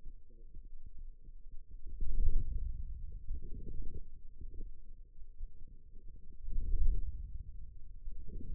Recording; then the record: forearm muscle sounds (acoustic myography)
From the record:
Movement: inward rotation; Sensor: system 2, bracelet of six BSWA MPA416 microphones around the upper forearm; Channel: 3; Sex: female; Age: 21 years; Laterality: right